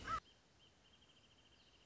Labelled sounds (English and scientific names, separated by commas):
Wrentit (Chamaea fasciata)